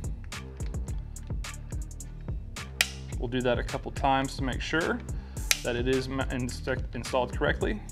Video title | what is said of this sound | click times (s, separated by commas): Installing your Crimson Trace RAD Micro or Micro PRO | and then we're going to go ahead and twist until we hear that snap. | 2.8 s